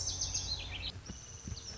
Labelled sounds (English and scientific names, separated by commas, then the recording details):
Lazuli Bunting (Passerina amoena)
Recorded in Sonoma County, California